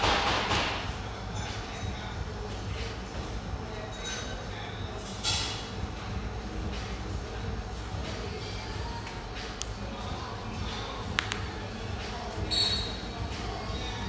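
A steady low murmur fills an espresso house, with faint voices and occasional sharp clinks around five, eleven and thirteen seconds.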